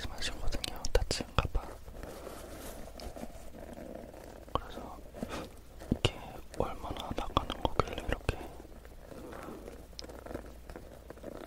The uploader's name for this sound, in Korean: 나무 빗 소리